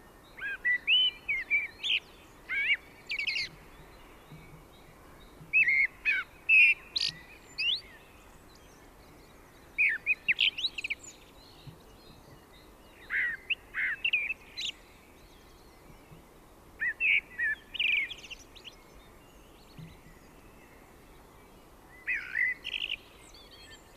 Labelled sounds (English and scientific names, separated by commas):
Common Blackbird (Turdus merula) song